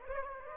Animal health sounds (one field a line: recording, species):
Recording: mosquito wingbeat signal from an infrared sensor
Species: Aedes aegypti